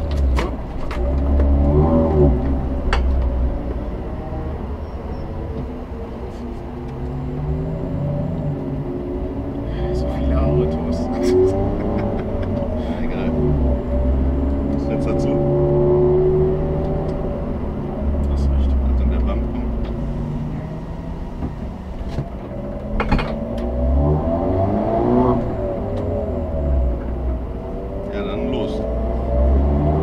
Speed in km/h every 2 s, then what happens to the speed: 20, 20, 8, 7, 13, 22, 26, 30, 29, 21, 9, 10, 26, 23, 31.
2-4 brakes to 8. 6-15 speeds up to 30. 15-20 brakes to 9. 20-30 speeds up to 31.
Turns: none.